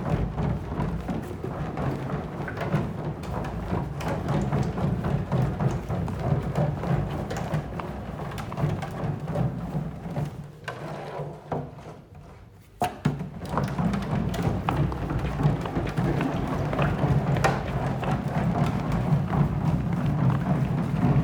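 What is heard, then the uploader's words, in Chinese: A water bucket rolls across a hard floor, producing a steady low, hollow rumble laced with dense clattering knocks. Around ten seconds in the rolling slows and goes nearly quiet for about two seconds, then picks up again just as loud and continues to the end. 滚水桶。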